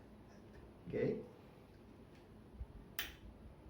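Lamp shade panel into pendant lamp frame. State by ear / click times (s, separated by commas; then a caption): seated / 3.0 s. A panel of an Ikea PS 2014 pendant lamp shade is pushed onto the lamp's central frame and snaps into place with a sharp click at 3.0 s; the clicking is normal. Someone talks around 1.0 s, and a quieter tap is heard near 2.6 s.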